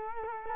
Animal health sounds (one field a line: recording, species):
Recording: mosquito wingbeat signal from an infrared sensor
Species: Culex quinquefasciatus